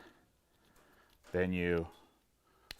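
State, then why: Seated. A small bike tool has its back end seated in its storage holder on a pump and is flexed until it pops into place with a sharp, short click at 2.7 s. Someone talks briefly just before.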